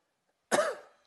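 A single short, abrupt adult cough with a quick fading tail, heard in a quiet room, during a sermon.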